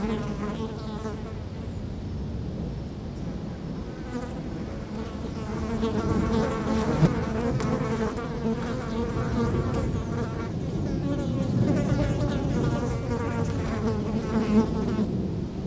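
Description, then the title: Fly: flies buzzing steadily with a wavering hum, over low wind noise. Flies feasting on a dropping in Fenouillet, France, on a windy day near Blagnac airport; Sennheiser MKH8040 ORTF pair with SD MixPre6 recorder. "Chemin de Lombardil, 31150 Fenouillet, France - Festin de mouches"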